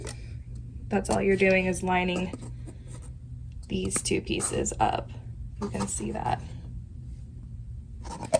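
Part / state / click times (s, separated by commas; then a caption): diffuser top cover onto diffuser base / not seated / none. Someone talks while lining up a diffuser's top cover with its base, with small handling sounds between phrases. The top has not yet been rotated into place, and nothing has seated or clicked yet.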